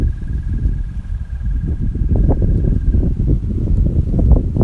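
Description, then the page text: American toad giving a long, even trill that stops after about three seconds, partly buried under strong low wind rumble. Maryland, USA. "American Toad by Deborah via iNaturalist"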